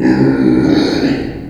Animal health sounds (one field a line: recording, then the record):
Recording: squeal of a Yucatan mini pig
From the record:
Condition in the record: before surgery on the right vocal fold (resection and tissue-engineered implant)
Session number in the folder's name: 1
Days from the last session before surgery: -21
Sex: female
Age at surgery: 19 weeks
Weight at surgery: 25 kg